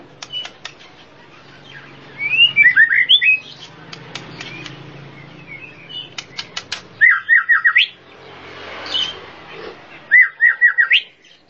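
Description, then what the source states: Bird song of sharp clicking chips and bursts of quick, descending whistled notes, repeated in three short phrases over soft background hum. Complete set of masteran bird song.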